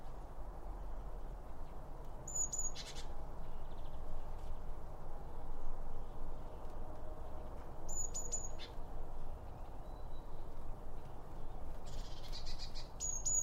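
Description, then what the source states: Birds giving very high thin notes at intervals of several seconds, with rustling bursts over a low rumbling background. Birds around a bird feeder; recorded with two OM 1 microphones from Line Audio.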